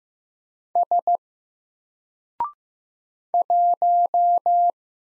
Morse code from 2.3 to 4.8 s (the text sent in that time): 1